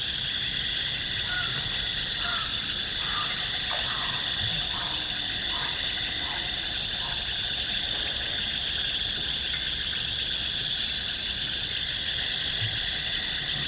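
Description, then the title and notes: Insects droning in a continuous high-pitched chorus, with scattered short frog notes and one brief sharp click. Insects calling with frogs at midnight in jungle along the Yacuma River, Bolivian Amazonia. "Insects and frogs at Yacuma River. Insects and frogs at midnight in the jungles of Bolivian Amazonia. Recorded by Erick Ruiz Arellano. Music for Sleep"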